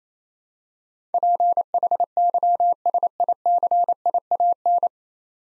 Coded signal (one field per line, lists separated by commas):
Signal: Morse code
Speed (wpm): 28 wpm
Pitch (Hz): 700 Hz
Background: none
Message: PHYSICIAN